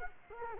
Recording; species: mosquito wingbeat signal from an infrared sensor; Culex quinquefasciatus